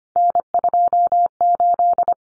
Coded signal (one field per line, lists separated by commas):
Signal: Morse code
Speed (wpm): 25 wpm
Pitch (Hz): 700 Hz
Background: none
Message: N28